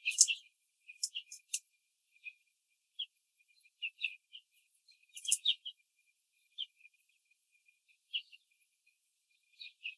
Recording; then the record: young laying hens in a cage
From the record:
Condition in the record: control cage, after the stress test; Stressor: none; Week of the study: 4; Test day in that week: 3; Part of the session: 2